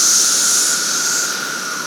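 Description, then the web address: Periodical cicadas droning together, an unbroken whining hum with a bright hiss over it that fades a little toward the end. 17-year cicadas recorded in a capital city in 2024. "The Psychologically Ultimate 220 Year Cicada Bloom. 17 Year Capital City Cicadas"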